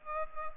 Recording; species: mosquito wingbeat signal from an infrared sensor; Culex pipiens